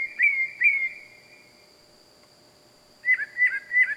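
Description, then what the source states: Bird calls at night: two slurred whistles, a pause, then three quick clipped notes, over a steady high tone. Loud bird calling at night, wild.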